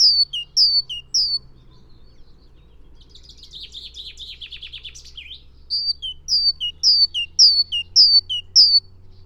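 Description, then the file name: Great tit singing three sharp two-note phrases, then a dry buzzy churr lasting about two seconds, followed by a brisk series of high see-sawing phrases. "Parus major"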